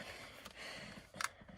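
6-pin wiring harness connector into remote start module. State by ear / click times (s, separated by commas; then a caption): not seated / none. A 6-pin wiring harness connector is handled against a Fortin Evo-One/Thar-One-Maz3 remote start module, installed on a 2019 Mazda CX-5 GT, while the programming button is held down. Small sharp contact ticks are heard at about 0.5, 1.2 and 1.6 s over low handling noise. Nothing has seated or clicked home yet.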